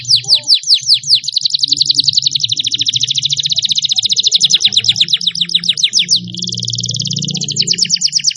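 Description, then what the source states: Atlantic canary song of fast rolling trills, high repeated downswept notes run together, shifting to a slightly lower rapid trill near the end over a faint low hum. Lure recording used for training birds.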